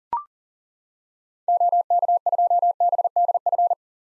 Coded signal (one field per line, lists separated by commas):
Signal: Morse code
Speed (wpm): 37 wpm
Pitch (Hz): 700 Hz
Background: none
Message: OK2BDF